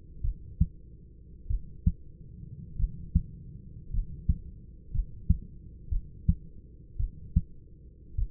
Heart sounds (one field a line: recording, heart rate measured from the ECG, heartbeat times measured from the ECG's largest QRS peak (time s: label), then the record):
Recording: heart sounds by stethoscope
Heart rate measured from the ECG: 53 bpm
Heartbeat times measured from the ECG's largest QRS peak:
0.22 s: heartbeat
1.48 s: heartbeat
2.77 s: heartbeat
3.91 s: heartbeat
4.92 s: heartbeat
5.90 s: heartbeat
6.97 s: heartbeat
8.16 s: heartbeat
From the record:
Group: healthy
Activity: rest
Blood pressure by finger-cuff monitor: 117/56 mmHg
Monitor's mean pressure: 76 mmHg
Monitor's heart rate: 56 bpm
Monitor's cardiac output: 5.6 L/min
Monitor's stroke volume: 101 mL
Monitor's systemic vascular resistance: 1000 dyn s/cm5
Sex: male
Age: 25 years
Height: 170 cm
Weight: 70.4 kg